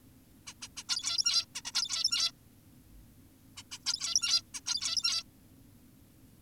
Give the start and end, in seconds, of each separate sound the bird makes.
0.47-0.54, 0.62-0.68, 0.77-0.84, 0.89-1.46, 1.55-1.62, 1.65-1.72, 1.75-2.32, 3.57-3.63, 3.72-3.79, 3.86-4.42, 4.54-4.61, 4.66-5.24